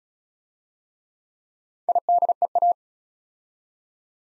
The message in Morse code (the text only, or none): IDEA